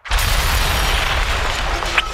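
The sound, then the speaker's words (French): A phone battery explosion sound effect, depicting a Samsung Galaxy Note 7 battery explosion: a sudden explosive blast bursts in and holds as a loud, steady roar of hissing noise over deep rumble for about two seconds, with no voices. “Samsung va suspendre la vente de son Galaxy Note 7 à cause de cas d'explosion de batterie.”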